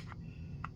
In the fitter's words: flush and straight push it all the way back till you hear it click